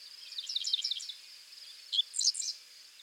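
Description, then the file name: Dickcissel song: two short bursts of sharp, stuttered high chips over a steady high insect-like hum. "Spiza americana - Dickcissel"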